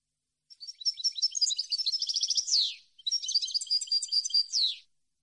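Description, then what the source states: European goldfinch song in two rapid phrases of bright, jingling twitters and short trills, each finishing with a descending buzzy sweep; no other sounds. Clean goldfinch song on CD, for birds to copy as song training.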